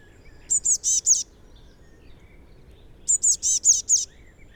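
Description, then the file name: Eurasian blue tit calling with two clear bursts of four or five rapid, high, rasping notes, background quiet. "Cyanistes caeruleus"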